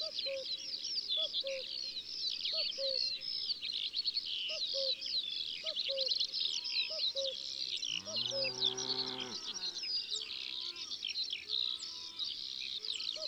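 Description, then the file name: Eurasian skylark song, a steady high warble over a lower repeated two-note call from another bird, plus a drawn-out low call partway through. Sung in the countryside. "Alouette des champs Chants doiseaux dans la campagne"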